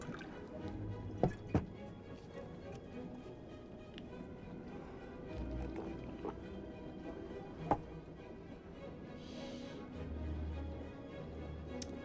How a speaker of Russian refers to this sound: Наливает себе.